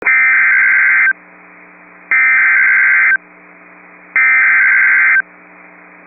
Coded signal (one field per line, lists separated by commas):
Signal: Emergency Alert System (SAME) tones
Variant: header bursts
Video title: Severe Thunderstorm Warning (Emmons and Sioux Counties, ND) (8/28/24) [EAS #26]